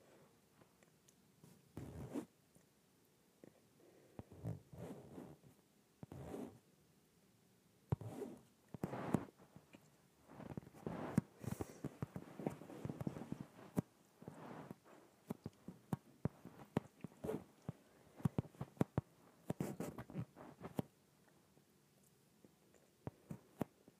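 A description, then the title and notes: An inflated yoga ball being handled, with irregular squeaks, rubs and soft thumps scattered across the whole stretch. Bursts come in clusters, busiest from about eight to twenty seconds, with short sharp clicks and brief bright squeaky smears over a low, quiet floor. ASMR Inflated Yoga Ball.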